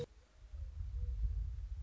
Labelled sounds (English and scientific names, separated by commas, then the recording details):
Mourning Dove (Zenaida macroura)
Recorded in Sonoma County, California